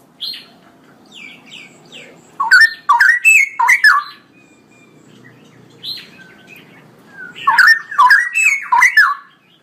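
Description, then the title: Straw-headed bulbul song, two loud bursts of rich bubbling warbled notes, with soft high chirps and twitters between them. Male bird, singing constantly in a loud voice with long rolling phrases; recording meant for training other birds. "GILEEE Cucak ROWO Jantan GACOR Suara Lantang ROoo EL Panjang"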